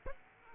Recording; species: mosquito wingbeat signal from an infrared sensor; Aedes aegypti